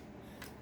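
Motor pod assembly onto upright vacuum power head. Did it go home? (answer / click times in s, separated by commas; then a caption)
yes / 0.4 s. The main motor and pod assembly of a new Shark Stratos corded upright vacuum (AZ300x) is slid down onto the vacuum power head. A short, sharp, broadband click at 0.4 s stands out over a low background hum as the assembly clicks into place. The motor pod is confirmed seated on the power head.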